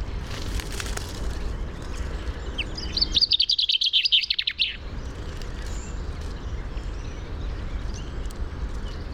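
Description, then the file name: Common chaffinch singing a single fast run of sharp notes, with constant low background rumble before and after. "Fringilla coelebs"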